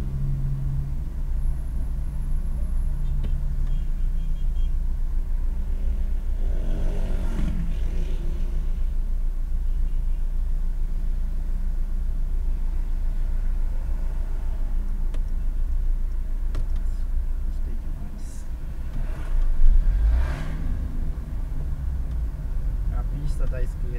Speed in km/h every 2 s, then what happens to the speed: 0, 0, 0, 0, 0, 0, 0, 0, 0, 0, 12, 12.
0-18 standing. 18-24 pulls away to 12.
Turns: none.